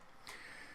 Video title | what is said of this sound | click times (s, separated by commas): Cricut cut Blade Tip cleaning | the magnet pick it up and click in this place and he's reinserted into your housing so | 0.3 s